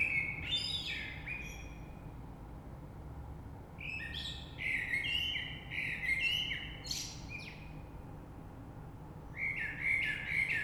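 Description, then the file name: Common blackbird song: low fluty warbled phrases ending in high squeaky twitters, three phrases spaced a few seconds apart over a steady low hum. Recorded 3 March 2020. "Rush Merle"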